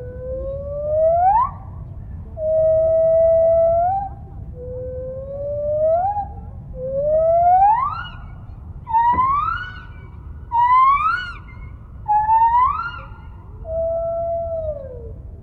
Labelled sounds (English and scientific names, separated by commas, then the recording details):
Lar Gibbon (Hylobates lar)
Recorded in captivity
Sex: diverse
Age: adult
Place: Tierpark Berlin, Berlin, DE
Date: 1975-09-21 10:20
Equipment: Uher CR 210, Verstärker, Sennheiser MD 421, Uher 4200 Report Stereo
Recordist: Tembrock, Günter